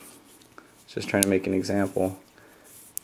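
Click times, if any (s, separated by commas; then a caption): 3.0 s. Someone talks while turning the inner metal retaining ring back into the tailcap of an Olight T10 flashlight after a cross-threaded attempt, during a tailcap boot swap. A sharp tick at 3.0 s marks the thread catching and the ring dropping into place, seated.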